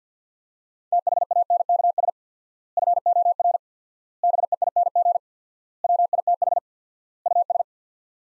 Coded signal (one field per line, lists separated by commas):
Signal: Morse code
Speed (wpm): 49 wpm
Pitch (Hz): 700 Hz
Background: none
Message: THANKS FOR BEING WITH US